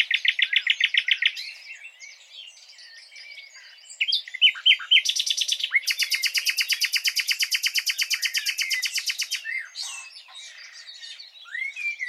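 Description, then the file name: Common nightingale song: a rapid trill, varied short phrases, then a long loud rattling run of fast repeated notes lasting several seconds. "Luscinia megarhynchos"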